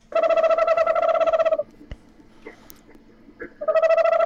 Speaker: That is the sound of an eastern screech owl, a very effective hunter.